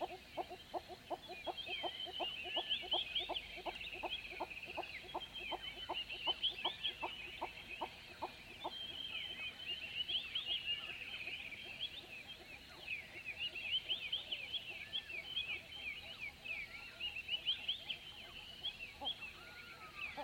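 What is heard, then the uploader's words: A dense, steady chorus of birdsong fills a southern African dawn. Through the first nine seconds a hornbill calls a fast, even run of low clucking notes that slows and fades, while thin, bright chirps and trills continue throughout. Southern African dawn - diffuse birdsong with hornbills. A small collection of dawn recordings made in South Africa during Sonic Mmabolela, November 2016. Carried out once a year in the savannah environment of Mmabolela Reserve, Limpopo, South Africa. Recorded with 2x Sennheiser MKH8020 in a custom SASS enclosure onto a Zoom F8 recorder.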